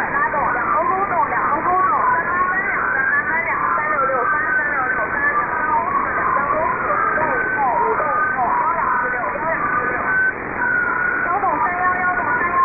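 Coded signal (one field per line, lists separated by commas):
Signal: unidentified radio signal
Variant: VC03, Chinese Robot type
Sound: continuous robotic warbling of many short overlapping chirping tones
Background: radio static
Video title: Shortwave oddity, Chinese Robot cousin, Chinese VC03, 7548 kHz, USB mode, 28 May, 2023, 1306 UTC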